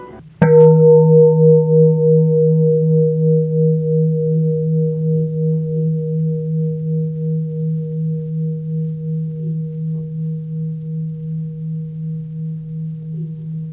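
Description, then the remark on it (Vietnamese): A mindfulness bell is struck once, releasing a deep, low tone that hums on for over ten seconds with a slow, wavering pulse, fading very gradually. No one speaks. “Chuông chánh niệm.”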